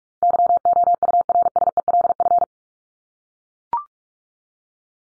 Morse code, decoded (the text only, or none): YOURSELF